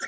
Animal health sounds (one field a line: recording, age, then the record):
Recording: pig call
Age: piglet (1 to 25 days)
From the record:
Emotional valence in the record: negative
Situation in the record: short isolation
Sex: female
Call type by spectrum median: high-frequency call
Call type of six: low-frequency tonal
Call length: 0.08 s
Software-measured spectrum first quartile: 1639 Hz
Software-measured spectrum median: 2622 Hz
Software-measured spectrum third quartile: 7162 Hz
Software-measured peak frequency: 1787 Hz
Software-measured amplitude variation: 97 dB a second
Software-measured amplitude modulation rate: 6.2 a second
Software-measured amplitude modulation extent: 15.6 dB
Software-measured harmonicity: 3.3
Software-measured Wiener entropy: -2.76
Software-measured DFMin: 979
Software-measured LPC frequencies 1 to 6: 1526, 1892, 3420, 5361, 6017, 6959 Hz